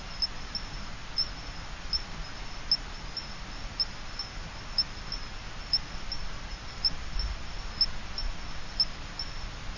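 Adenomera marmorata calls: faint, high, clicking chirps repeated throughout over a steady hissing background.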